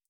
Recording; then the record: hydrophone in a shrimp aquaculture tank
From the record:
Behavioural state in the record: feeding